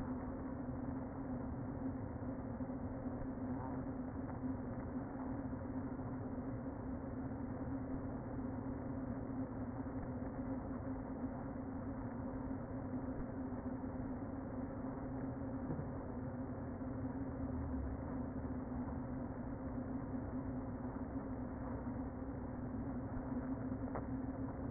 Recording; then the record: honeybee colony, microphone inside the hive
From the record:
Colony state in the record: queen present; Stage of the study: before two queens were removed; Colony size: about 60,000 bees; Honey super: yes